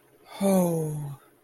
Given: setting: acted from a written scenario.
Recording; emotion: vocal sound without words; romantic love